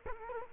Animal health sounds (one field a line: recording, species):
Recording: mosquito wingbeat signal from an infrared sensor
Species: Culex quinquefasciatus